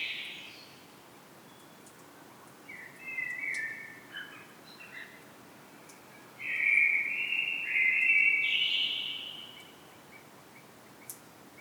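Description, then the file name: Common blackbird calls: a brief note, then a series of short warbled phrases, the last one louder and longer, over faint steady hiss. "Turdus merula"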